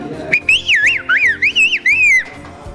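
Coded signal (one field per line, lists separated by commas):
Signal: whistled language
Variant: Turkish Kuş dili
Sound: a loud, fluid whistle gliding up and down in several linked phrases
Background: low background hum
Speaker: now he's going to say can i have two cups of tea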